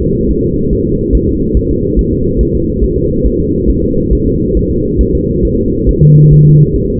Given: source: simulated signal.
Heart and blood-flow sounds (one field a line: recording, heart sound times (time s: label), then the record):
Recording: fetal heart sounds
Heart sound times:
0.02 s: S2
0.31 s: S1
0.45 s: S2
0.73 s: S1
0.87 s: S2
1.15 s: S1
1.29 s: S2
1.57 s: S1
1.71 s: S2
1.99 s: S1
2.13 s: S2
2.41 s: S1
2.55 s: S2
2.84 s: S1
2.98 s: S2
3.26 s: S1
3.40 s: S2
3.70 s: S1
3.84 s: S2
4.13 s: S1
4.27 s: S2
4.57 s: S1
4.71 s: S2
5.01 s: S1
5.15 s: S2
5.45 s: S1
5.59 s: S2
5.89 s: S1
6.03 s: S2
6.33 s: S1
6.47 s: S2
6.76 s: S1
6.90 s: S2
From the record:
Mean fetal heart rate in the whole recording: 140 bpm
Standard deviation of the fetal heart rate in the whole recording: 2 bpm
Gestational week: 34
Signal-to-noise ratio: -14.7 dB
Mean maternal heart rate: 72 bpm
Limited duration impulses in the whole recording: present